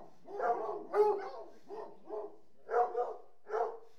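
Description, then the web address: Hunting hounds whining and yelping, several pitched, bending cries overlapping, with short pauses between groups of calls. A pack of about 60 hunting hounds whining. "BBC Sound Effects Library. Hunting Hounds"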